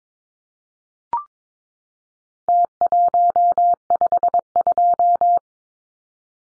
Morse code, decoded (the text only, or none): T152